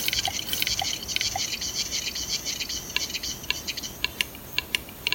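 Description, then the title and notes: Western capercaillie clicking: dry ticks overlapping with a scratchy wash at first, then clearer separate knocks. Male recorded in a Swedish forest; the species makes accelerating clicking sounds; recording looped and layered into music from five repeating copies gradually coming into phase. "Andreas made an audio recording in the Swedish forest of a Capercaillie cock"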